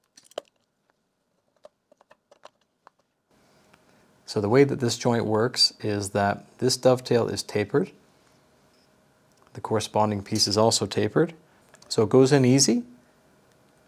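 A tapered 3D-printed plastic dovetail arm piece for an Ender 3 KE and SE is lined up with and started into its matching tapered adapter, going in easily. A few small, sharp taps and ticks sound between about 0.2 and 2.9 seconds and again faintly around 9.4 to 9.6 seconds, while someone talks. The joint has not yet been pushed home, and nothing has seated or clicked.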